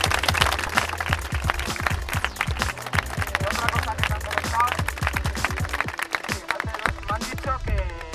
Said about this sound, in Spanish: Y yo voy a pedir un aplauso, que quiera aplaudir, que aplaude, que no, pero para toda la gente que está luchando.